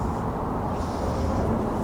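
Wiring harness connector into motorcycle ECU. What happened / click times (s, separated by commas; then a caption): Handled, not yet home: the connector has not clicked in / none. A wiring harness connector is handled as it is pushed back onto a replacement 550 Performance Stage 1 ECU for a Honda CRF 300L motorcycle. A steady, low rumbling handling noise continues throughout with no sharp transients. Nothing has seated or clicked yet.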